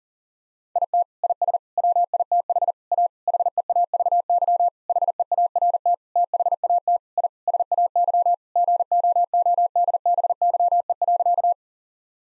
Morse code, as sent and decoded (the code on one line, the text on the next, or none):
.. - / .. ... / .-- .. - .... / .- / .... . .- ...- -.-- / .... . .- .-. - / - .... .- - / .. / ... .- -.-- / --. --- --- -.. -... -.-- . .-.-.-
IT IS WITH A HEAVY HEART THAT I SAY GOODBYE.